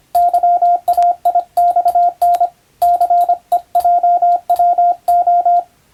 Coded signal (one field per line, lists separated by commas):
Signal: Morse code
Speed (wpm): 25 wpm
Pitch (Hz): 700 Hz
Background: radio noise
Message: YAIXN CEJWO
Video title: 昔はモールス符号を駆使して船と陸との連絡する無線通信士という仕事がありました。今でも国家試験で実技があります。YouTubeの再生速度を設定して聞いてみよう morse code practice